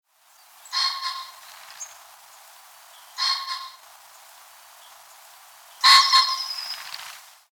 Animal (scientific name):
Phasianus colchicus